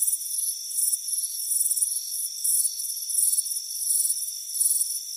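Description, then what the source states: Crickets chirping, quick high pulses blending into short trills over a steady shrill background hum. Crickets chirping on a warm afternoon on a front porch.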